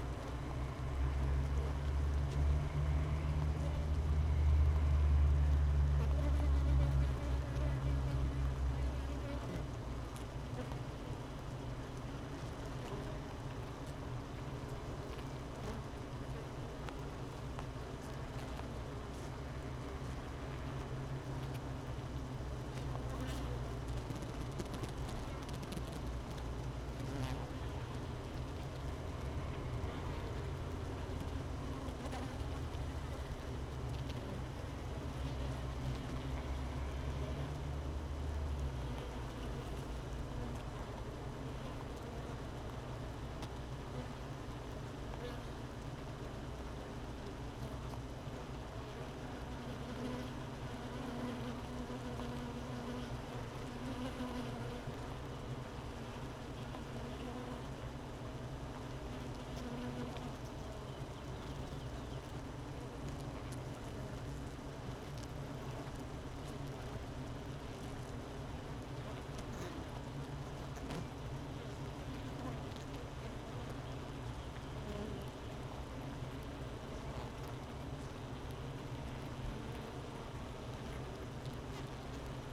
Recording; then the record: honeybee colony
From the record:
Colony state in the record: missing queen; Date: 31 May 2018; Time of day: 13:08